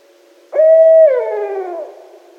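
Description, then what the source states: Barred owl uttering a strong sustained hoot that sags downward toward the end, fading out over about a second. Recorded 2011-12-01.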